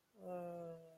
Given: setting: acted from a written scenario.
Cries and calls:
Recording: vocal sound without words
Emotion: disappointment

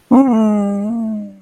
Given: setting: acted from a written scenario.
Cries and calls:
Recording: vocal sound without words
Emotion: sympathy

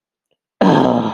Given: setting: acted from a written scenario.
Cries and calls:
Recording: vocal sound without words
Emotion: anger

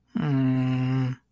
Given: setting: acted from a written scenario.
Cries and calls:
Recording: vocal sound without words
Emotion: disappointment

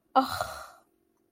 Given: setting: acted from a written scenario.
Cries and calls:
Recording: vocal sound without words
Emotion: shame

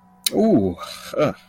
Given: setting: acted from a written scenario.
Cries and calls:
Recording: vocal sound without words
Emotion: negative surprise

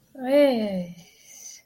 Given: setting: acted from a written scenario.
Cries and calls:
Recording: vocal sound without words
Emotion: embarrassment

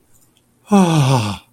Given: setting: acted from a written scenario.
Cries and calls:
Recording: vocal sound without words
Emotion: ecstasy

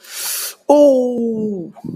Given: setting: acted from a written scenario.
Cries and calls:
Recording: vocal sound without words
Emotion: pain

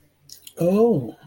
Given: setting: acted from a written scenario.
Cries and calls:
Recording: vocal sound without words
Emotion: interest

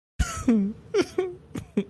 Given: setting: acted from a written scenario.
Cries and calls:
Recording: vocal sound without words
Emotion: sadness

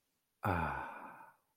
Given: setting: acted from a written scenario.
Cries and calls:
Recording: vocal sound without words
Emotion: contentment

